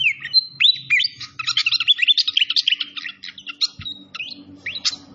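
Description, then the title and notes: Malaysian pied fantail song: a lively run of whistled slurs and quick chips, fairly continuous, with a faint low rumble beneath. Masteran (training recording) of clear-voiced fantail song. "Masteran Sikatan Kipas Suara Jernih Dan Suara Gemericik Air. Suara Burung Sikatan Londo"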